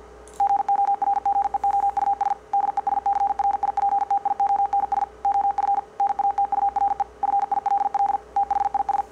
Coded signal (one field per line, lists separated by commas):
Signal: Morse code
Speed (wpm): 50 wpm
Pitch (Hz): 800 Hz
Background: none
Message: GORGEOUS DESCRIPTIONS OF NATURE FILL THIS